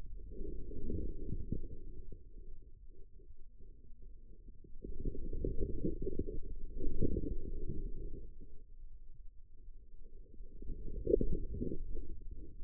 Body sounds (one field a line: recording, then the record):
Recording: forearm muscle sounds (acoustic myography)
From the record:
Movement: inward rotation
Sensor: system 2, bracelet of six BSWA MPA416 microphones around the upper forearm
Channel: 3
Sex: female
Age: 25 years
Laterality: right